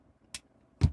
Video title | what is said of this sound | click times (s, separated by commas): Talk a-Bot reviews 022: Transformers Rise of the Beasts Voyager OPTIMUS PRIME | will lock into place with this soft click with this little tab that goes in the slot right there with the screw hole | 0.4 s